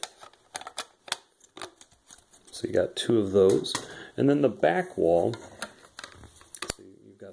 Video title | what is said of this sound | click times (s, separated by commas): Ameri-Towne Theatre and Miller Engineering Theatre Marquette Combo unboxing. | I'll just go ahead and just quickly snap these on so | 0.0 s, 0.6 s, 1.1 s